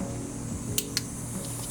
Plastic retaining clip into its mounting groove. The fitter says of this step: You hear the single click and you know it's locked in.